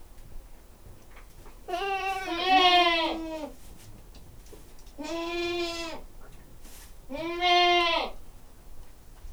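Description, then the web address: Goat bleats, three loud wavering calls, the first about two seconds long and the other two about a second each, spaced a few seconds apart over a quiet background. Domestic goat in a farmyard. "allathangok parasztudvar hazikecske kecske"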